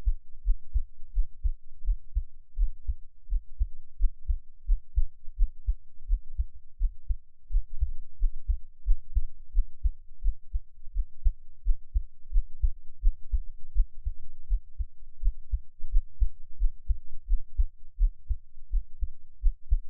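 Steady, regular low thumps of an adult heartbeat, about 87 beats a minute, heard close to the chest through an NT5 microphone.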